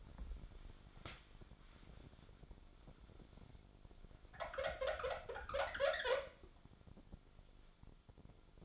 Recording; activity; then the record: daily activity, microphone in the room; wipe stove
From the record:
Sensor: 5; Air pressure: 1007.1 hPa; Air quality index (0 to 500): 174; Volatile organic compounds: 4 ppm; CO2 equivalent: 1670 ppm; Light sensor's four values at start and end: 53/149/58/58 and 52/142/57/58